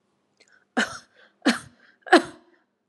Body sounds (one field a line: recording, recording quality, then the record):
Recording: shallow voluntary cough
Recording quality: excellent, no background noise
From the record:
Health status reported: healthy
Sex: female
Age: 37 years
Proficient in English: yes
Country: India